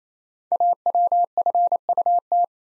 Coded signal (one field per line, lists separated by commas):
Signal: Morse code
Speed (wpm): 29 wpm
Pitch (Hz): 700 Hz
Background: none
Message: AWFUT